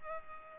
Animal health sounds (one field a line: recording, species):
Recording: mosquito wingbeat signal from an infrared sensor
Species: Culex pipiens